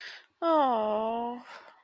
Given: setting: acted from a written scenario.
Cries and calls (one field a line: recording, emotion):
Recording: vocal sound without words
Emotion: sympathy